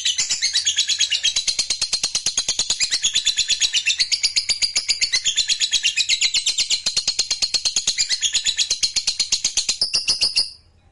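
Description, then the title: Lovebird long trill: a continuous rapid chattering of harsh, high notes held for about ten seconds, then stopping abruptly. Fighter lovebird giving the ngekek panjang, a long continuous trill. "Suara Lovebird FIGHTER NGEKEK PANJANG"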